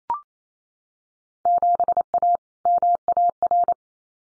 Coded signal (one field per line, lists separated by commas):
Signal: Morse code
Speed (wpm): 28 wpm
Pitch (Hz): 700 Hz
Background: none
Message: 7A MAR